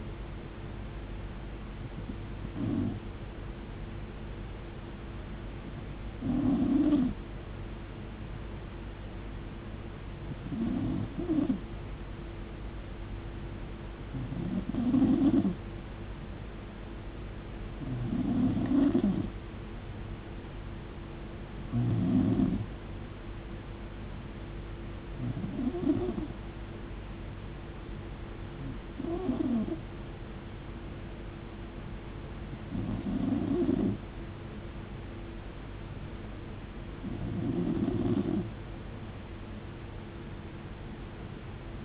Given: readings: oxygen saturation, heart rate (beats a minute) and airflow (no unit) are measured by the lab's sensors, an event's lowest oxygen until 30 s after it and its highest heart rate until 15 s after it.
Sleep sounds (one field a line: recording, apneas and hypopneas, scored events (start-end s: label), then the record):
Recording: breathing in sleep by a voice recorder at the bedside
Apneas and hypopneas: none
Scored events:
2.00-41.85 s: new sleep stage, N2 (light sleep)
From the record:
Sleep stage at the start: N1 (lightest sleep)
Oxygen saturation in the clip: 92 to 93%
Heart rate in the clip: 61 to 75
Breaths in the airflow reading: 10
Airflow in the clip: -6.5 to 5.5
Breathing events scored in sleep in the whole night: 389 in 6.3 hours asleep